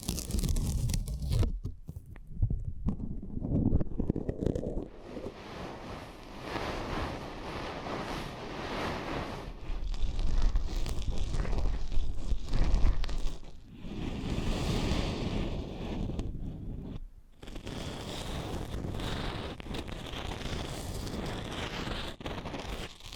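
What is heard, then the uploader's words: An ASMR eardrum massage: dense, rustling rubbing over the microphone, heavy in the low end and swelling like wind or surf. The strokes come in long waves, easing off briefly near 2, 13 and 17 seconds before resuming. ASMR Intimate Eardrum Massage.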